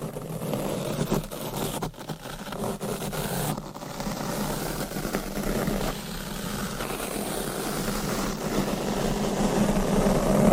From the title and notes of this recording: Mic Scratching ,Tapping,Brushing & Massage -No Talking.